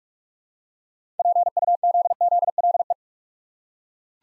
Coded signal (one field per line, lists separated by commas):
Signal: Morse code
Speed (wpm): 44 wpm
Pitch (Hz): 700 Hz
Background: none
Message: PUZZLE